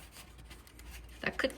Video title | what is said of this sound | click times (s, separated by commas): My 2023 Toyota Tundra's COMPLETE Make Over! | That click sounded a little crunchy. | 1.4 s